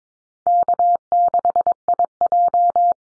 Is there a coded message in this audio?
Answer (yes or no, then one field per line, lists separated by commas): yes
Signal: Morse code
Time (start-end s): 0.5-2.9 s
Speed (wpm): 22 wpm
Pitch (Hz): 700 Hz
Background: none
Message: K6IJ